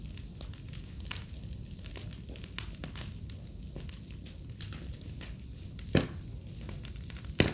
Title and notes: Fogueira, grilos e estalar do fogo. Ouça ao estalar do fogo e uma sinfonia de grilos em uma noite de outono. Vila em meio a Mata Atlântica